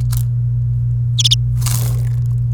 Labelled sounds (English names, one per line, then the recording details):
Domestic Canary song
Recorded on 28 April 2018 at 08:33
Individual llb3